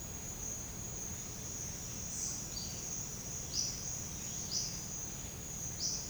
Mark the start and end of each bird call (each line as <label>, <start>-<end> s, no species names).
bird call, 3.40-3.85 s
bird call, 4.47-4.78 s
bird call, 5.77-6.09 s